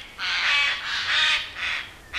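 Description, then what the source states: Eurasian Jay uttering three loud, hoarse rasping screeches in quick succession, with a fourth just starting at the end. Loud call announcing it has seen the hiker; forest.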